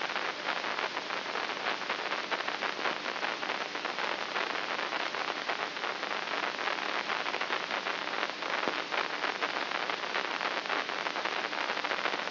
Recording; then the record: brain microelectrode recording played as sound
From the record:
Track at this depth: inside the subthalamic nucleus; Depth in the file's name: 2.24 mm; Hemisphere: right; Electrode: 3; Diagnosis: Parkinson's disease